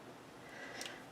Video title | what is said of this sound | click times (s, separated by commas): PART 2 TUTORIAL PRIMA TALES OF YOU AND ME MINI ALBUM DESIGNS BY SHELLIE | It should just snap right in, and it does. | 0.8 s, 0.9 s